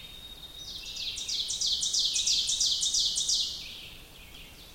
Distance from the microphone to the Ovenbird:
about 30 m